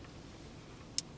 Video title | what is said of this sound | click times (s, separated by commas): iPhone adapter install 2006-2009 Volkswagen MK5 Golf GLI GTI Jetta R32 Rabbit | okay just push it and give a little push make sure it locks into place | 1.0 s